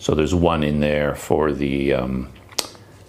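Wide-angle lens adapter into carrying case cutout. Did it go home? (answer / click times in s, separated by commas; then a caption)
yes / 2.6 s. A wide-angle lens adapter is pressed into its cutout in a carrying case while someone talks. At 2.6 seconds a short, sharp click is heard as the adapter seats into the cutout.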